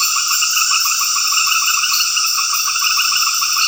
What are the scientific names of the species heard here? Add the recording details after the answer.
none. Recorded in dense forest near Puerto Asís, Putumayo, Colombia, on 18 February 2024 at 20:00. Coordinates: 0.496, -76.326. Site G6383